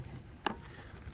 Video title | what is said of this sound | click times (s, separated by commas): [Review and Demo] Auxbeam T1 Series HB3 9005 DRL Highbeam LED Headlight Bulb | it locks into place all right | 0.5 s